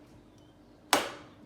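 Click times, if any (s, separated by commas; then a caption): 0.9 s. A blender blade base is turned counterclockwise on the blender cup until it drops into the thread start with a single small click at 0.9 s. The sharp, bright click rings briefly and fades over the next half second. It shows the base is seated straight and ready to be screwed tight.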